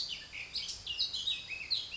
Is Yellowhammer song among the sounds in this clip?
no